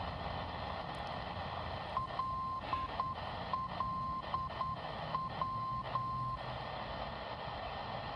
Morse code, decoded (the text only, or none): LLW